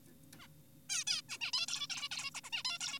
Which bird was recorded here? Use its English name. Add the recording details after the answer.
Zebra Finch. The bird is an adult. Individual g4p5U